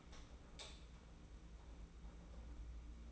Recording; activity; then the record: daily activity, microphone in the room; light on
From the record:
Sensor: 1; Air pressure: 991.9 hPa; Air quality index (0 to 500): 210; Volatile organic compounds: 1000 ppm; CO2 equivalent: 8133 ppm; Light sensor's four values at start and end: 10/22/9/10 and 12/33/13/14